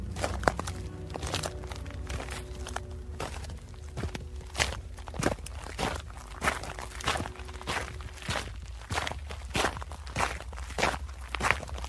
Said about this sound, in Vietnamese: tiếng bước chân tuy ở xa nhưng ghé tai qua cửa là nghe rõ một một, không lầm được, đúng là tiếng chân người đi, nghe rất nặng nề, như cả ngàn cân dậm xuống vậy.